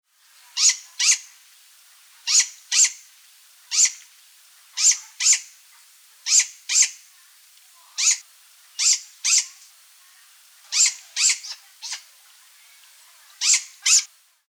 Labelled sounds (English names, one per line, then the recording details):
Great Grey Owl
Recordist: Tembrock, Günter
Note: Jungtiere (3 Monate alt): Laute bei Fütterung